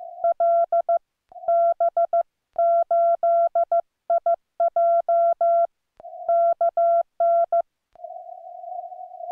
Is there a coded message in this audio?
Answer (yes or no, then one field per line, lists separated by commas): yes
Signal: Morse code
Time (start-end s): 0.2-7.6 s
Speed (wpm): 15 wpm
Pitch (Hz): 1360 Hz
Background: none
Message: LB8IJ KN